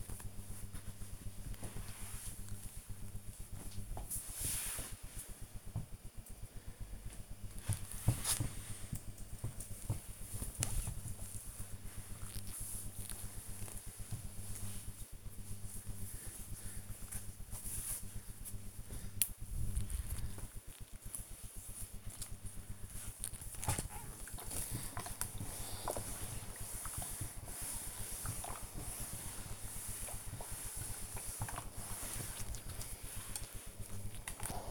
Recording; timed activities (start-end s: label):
household activities, microphone on the right wrist
0.00-4.18 s: folding laundry
7.19-34.71 s: ironing laundry